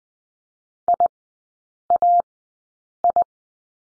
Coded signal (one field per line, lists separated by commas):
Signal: Morse code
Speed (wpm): 20 wpm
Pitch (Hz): 700 Hz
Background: none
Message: IAI